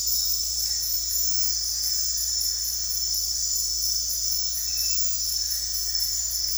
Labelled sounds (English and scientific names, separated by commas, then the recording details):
none
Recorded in dense forest near Puerto Asís, Putumayo, Colombia, on 8 March 2025 at 23:00
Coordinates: 0.503, -76.323
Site GP09